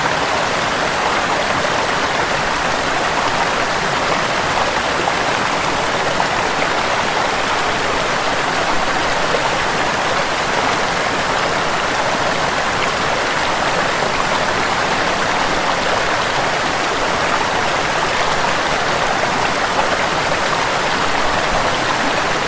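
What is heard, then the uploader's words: A waterfall pours in a constant, dense rush of water, unchanging from start to finish with no pauses or separate events. The sound sits mostly in the middle and upper range, a hissing roar with only a thin low rumble beneath. Soothing Waterfall Sounds.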